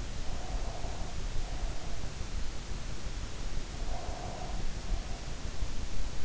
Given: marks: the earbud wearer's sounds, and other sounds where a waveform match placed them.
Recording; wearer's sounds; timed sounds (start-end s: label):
sounds in sleep by an in-ear microphone; breath
0.24-2.10 s: breath
3.75-5.35 s: breath